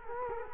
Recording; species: mosquito wingbeat signal from an infrared sensor; Culex quinquefasciatus